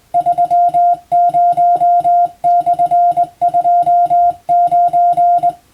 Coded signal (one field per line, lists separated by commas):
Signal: Morse code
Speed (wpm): 20 wpm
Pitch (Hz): 700 Hz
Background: music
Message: 30/29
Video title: 【Radio operator morse practice】This is a Morse code practice video. There is a morse exam in japan.